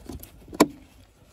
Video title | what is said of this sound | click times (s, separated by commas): DIY - 2023 Mazda CX-30 SkyActiv-X: Full service (air, cabin, oil filters and oil) | push it in all the way until it clicks into place | 0.6 s